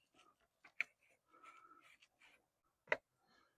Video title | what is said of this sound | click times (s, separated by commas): Grand Design Transcend Xplor Utilities Hook Up | and then swing it back to the left. So, it kind of it kind of locks in place. | 0.8 s, 2.9 s